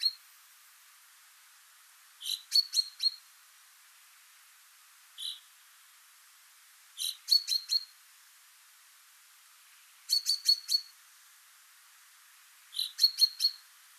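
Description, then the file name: Common chaffinch calling, single short notes alternating with quick bursts of three or four clipped, ticking notes, repeated every few seconds. "Fringilla coelebs"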